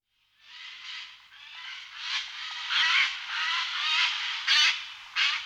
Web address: Ptaki Sojka